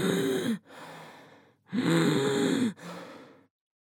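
Two breaths from an adult in under four seconds, each starting with a loud, musical, whistling phase with wavering pitch and followed by a softer, airy phase. This is a wheeze, a sign of air squeezing through narrowed airways.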